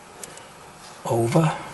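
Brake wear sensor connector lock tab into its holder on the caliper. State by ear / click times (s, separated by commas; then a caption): not seated / none. On a 2014 Audi A4 front brake job, the brake pad wear sensor connector is handled after being turned in sideways and pushed up, with its small lock tab being pushed over toward its holder on the caliper. A faint tick at about 0.2 s sits under quiet handling noise, then someone talks from about 1.0 s to the end. Nothing has seated or clicked yet.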